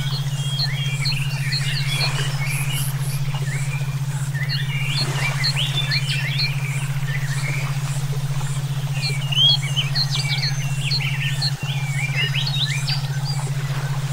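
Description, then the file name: A chorus of songbirds with overlapping chirps and twitters throughout, plus one brief click late on, over a constant low pulsing hum. Brainwave therapy for training songbirds (omkicau). "terapi brainwave omkicau"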